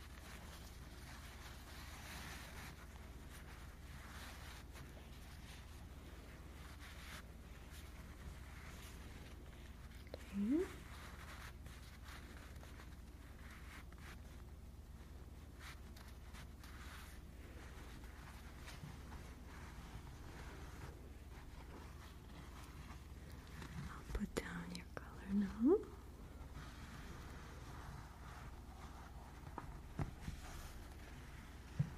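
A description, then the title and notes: Quiet clothing handling over a steady low rumble, with a few brief rustles and small clicks near ten, twenty-five and thirty seconds. Detective's vest with SECRET tools ASMR.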